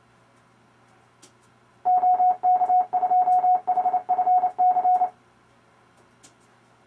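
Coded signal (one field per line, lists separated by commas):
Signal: Morse code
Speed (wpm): 29 wpm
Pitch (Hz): 730 Hz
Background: none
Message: OK2HFC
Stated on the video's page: RufzXP program sending amateur callsigns in Morse for copying practice, aimed at CW contesting.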